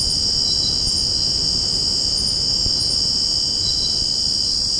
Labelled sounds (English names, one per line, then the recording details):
none
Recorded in secondary vegetation near Puerto Asís, Putumayo, Colombia, on 20 February 2024 at 04:00
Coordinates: 0.489, -76.322
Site G6419